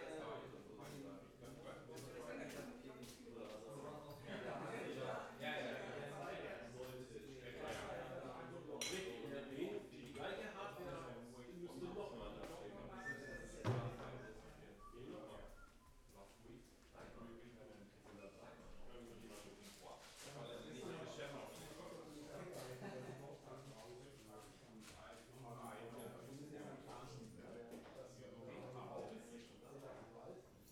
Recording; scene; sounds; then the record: everyday scene through a hearing-aid microphone; many people talking; many voices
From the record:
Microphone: behind the ear, left, rear